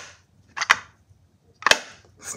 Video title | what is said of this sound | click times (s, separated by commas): I 3D Printed An Engine That Works! - Part 2 | And then um it's also got the removable bottom where the magnets snap into place. | 0.7 s